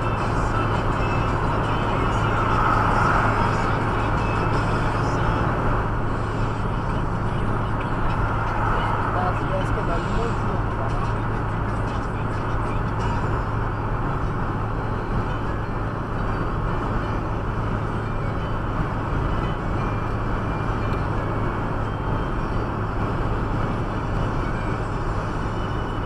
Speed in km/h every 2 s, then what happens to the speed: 102, 102, 102, 102, 102, 102, 102, 102, 102, 101, 101, 100, 100.
0-26 steady at about 102.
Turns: none.